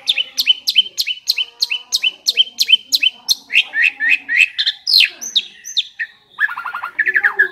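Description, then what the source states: Asian pied starling giving a rapid, repeated run of sharp chip notes, then varied whistles and a burst of buzzy chatter. Champion-grade songbird known locally as jalak suren.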